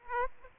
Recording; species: mosquito wingbeat signal from an infrared sensor; Aedes aegypti